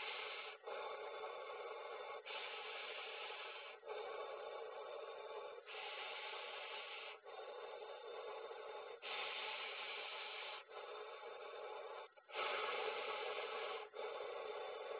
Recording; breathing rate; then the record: paced breathing near a phone; 18 breaths a minute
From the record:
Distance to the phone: 20 cm